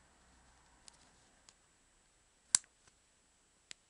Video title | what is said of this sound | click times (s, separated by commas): Remplacement cylindre piston moteur 2 temps | vous avez entendu le clic là | 2.6 s